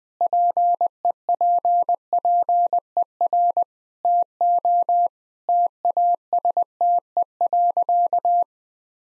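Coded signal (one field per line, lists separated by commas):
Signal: Morse code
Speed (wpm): 20 wpm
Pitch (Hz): 700 Hz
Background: none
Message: PEPPER TO TASTE.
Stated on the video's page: 20 wpm Morse practice: sentences with common five-word phrases, first words spoken before sending, each sentence sent twice for head-copy.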